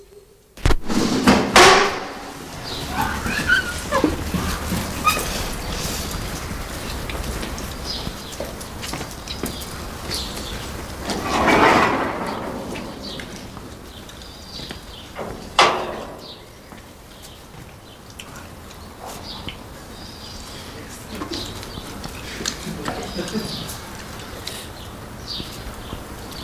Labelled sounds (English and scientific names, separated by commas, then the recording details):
Bonobo (Pan paniscus)
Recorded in captivity
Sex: male
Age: adult
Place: Zoo Leipzig, Sachsen, DE
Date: 1992-01-11 10:30
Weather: overcast, 0°C
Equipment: Nagra SN, Mikrofon AKG CK 8, Kopie Tesla B 116
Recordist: Tembrock, Günter